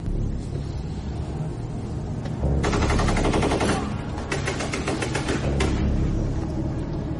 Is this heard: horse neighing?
no